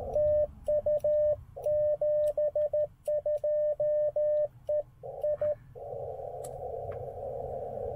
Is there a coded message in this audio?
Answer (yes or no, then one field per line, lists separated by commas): yes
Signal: Morse code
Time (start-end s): 0.2-5.5 s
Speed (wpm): 14 wpm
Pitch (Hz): 600 Hz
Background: radio noise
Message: TU 72 E I